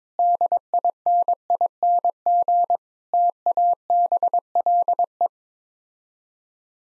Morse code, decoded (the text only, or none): DINING TABLE